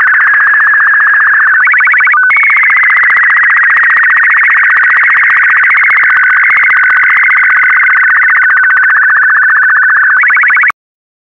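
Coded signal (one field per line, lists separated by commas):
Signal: SSTV (slow-scan television)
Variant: 8-second frame sequential color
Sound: warbling tone around 1.5-2.3 kHz with rapid regular ticks, brief higher sync tones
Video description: This transmission was made on or about 14.230 MHz by WA7WOD in late August 1981. It consists of 3 separate 8-second 128 line images containing red, green, and blue video frames.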